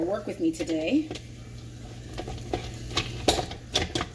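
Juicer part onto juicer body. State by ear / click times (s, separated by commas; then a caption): partly seated / 3.3 s. A part is refitted onto the body of a cold-press juicer during reassembly while someone talks. This is followed by several short plastic clicks and knocks, with a small click at 3.3 s. The part clicks but is still not fully attached.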